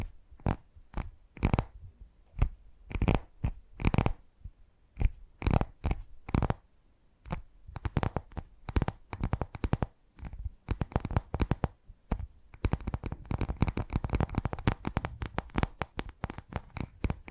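Tapping sounds made of sharp, separate knocks, each reaching from low thuds up to crisp highs. Early on the taps come in spaced clusters with short pauses, then from about ten seconds they grow quicker and denser into rapid flurries, with the final seconds busiest.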